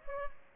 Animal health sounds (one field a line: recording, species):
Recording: mosquito wingbeat signal from an infrared sensor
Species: Aedes aegypti